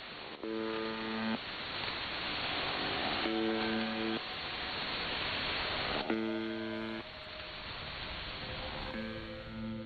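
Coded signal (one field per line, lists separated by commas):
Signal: channel marker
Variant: UVB-76 (The Buzzer)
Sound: four harsh low buzzes, each about a second, repeating every three seconds through static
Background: radio static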